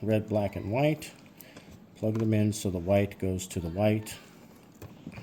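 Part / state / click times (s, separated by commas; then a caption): light wiring plug into the mating wire connector / seated / 4.8 s. Someone talks while the red, black and white wire plugs on the light panel of a Costco Artika ceiling fan light combo are pushed into the mating wire connector, white to white. A short, quiet click at 4.8 seconds shows the connector has seated.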